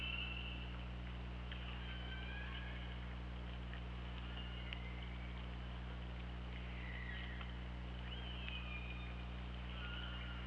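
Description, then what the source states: Killer whale calls: several drawn-out tonal calls that rise and fall, sounding repeatedly over a steady low hum and hiss of the water. Recorded on the OrcaLab hydrophone on 24 August 2017 at 08:08.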